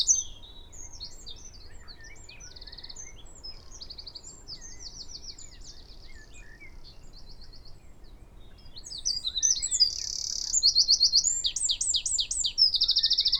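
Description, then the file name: Eurasian wren singing, high rapid trills and metallic rattles, quiet at first and then loud and fast in the last few seconds, with faint background hum. "Troglodytes troglodytes"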